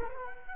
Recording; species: mosquito wingbeat signal from an infrared sensor; Culex quinquefasciatus